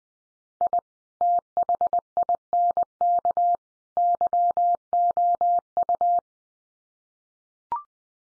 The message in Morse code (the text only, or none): I THINK YOU